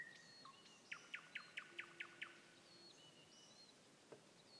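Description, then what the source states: Nightingale song: a whistled note, then seven evenly spaced, sharply descending chirps. Song recorded 21 May 2016.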